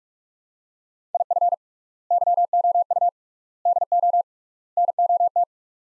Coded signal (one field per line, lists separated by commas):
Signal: Morse code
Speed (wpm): 47 wpm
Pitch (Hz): 700 Hz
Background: none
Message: IF YOU DO NOT